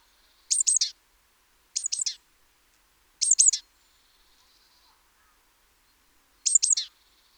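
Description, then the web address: Great tit calling in short clusters of three high, sharp notes with downward tails, four bursts separated by uneven pauses; otherwise quiet. "SETE Parus major"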